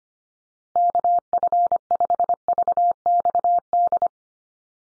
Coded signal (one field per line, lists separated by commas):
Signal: Morse code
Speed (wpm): 25 wpm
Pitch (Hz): 700 Hz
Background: none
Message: KF5VXD